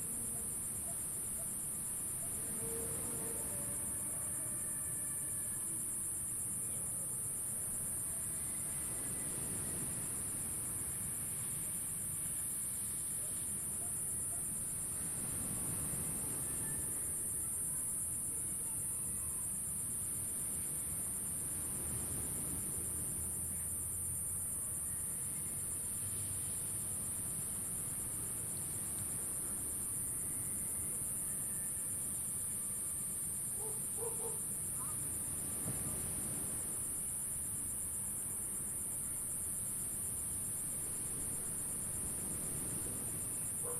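Insects call in a dense, unbroken high shrill that holds steady through the whole recording by the ocean. Beneath it, low waves surge and recede softly every few seconds, and a couple of brief faint chirps stand out near the start and again around thirty-five seconds.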